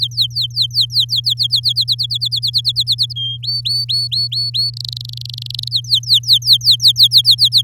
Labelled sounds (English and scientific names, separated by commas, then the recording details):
Domestic Canary (Serinus canaria) song
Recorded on 10 May 2018 at 06:12
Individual llb16